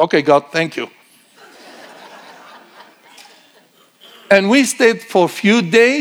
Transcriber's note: audience laughing